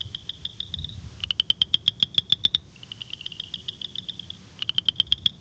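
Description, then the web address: Tree frog calling, a buzzy high trill broken by quick runs of loud clicking pulses, two such pulse bursts in a short span, faint low rumble beneath. "Hylidae"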